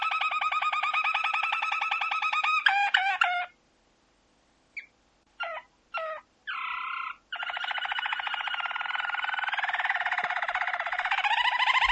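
Domestic canary song: a long rapid trill, a break with scattered short notes, then another extended rolling trill.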